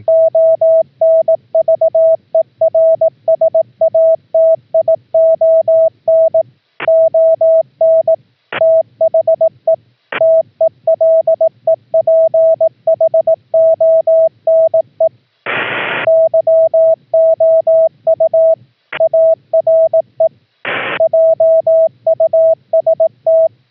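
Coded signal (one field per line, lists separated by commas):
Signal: Morse code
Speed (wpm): 18 wpm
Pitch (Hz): 650 Hz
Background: none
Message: ONVERSATION ON THE TELEPHONE YOU ARE JUST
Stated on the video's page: CW sent as audio tones (AFCW) from a remote laptop's microphone jack over an OPUS audio-over-IP link, keying the home rig via VOX.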